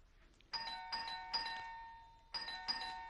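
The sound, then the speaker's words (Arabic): An electric doorbell rings in two bursts, three quick chimes, a brief pause, then two more, each bright, metallic tone ringing on and overlapping the next, with no voices. “افتحي يا شفيقة الباب.”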